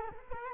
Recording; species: mosquito wingbeat signal from an infrared sensor; Culex quinquefasciatus